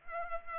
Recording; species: mosquito wingbeat signal from an infrared sensor; Culex pipiens